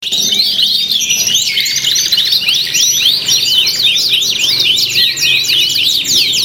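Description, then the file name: Several canaries singing at once: rapid rolling trills and sharp sweeping chirps. Simulated canary singing contest with fill-in tutor songs. "audio simulasi lomba kenari isian. omkicau"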